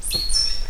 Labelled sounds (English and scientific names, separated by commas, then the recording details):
Stitchbird (Notiomystis cincta) song
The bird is a male
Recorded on Tiritiri Matangi Island, New Zealand, in 2005
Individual 20, of nest box 28